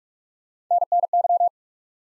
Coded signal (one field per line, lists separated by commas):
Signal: Morse code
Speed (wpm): 44 wpm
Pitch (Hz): 700 Hz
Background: none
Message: NNY